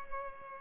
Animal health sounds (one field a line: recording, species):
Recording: mosquito wingbeat signal from an infrared sensor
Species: Culex pipiens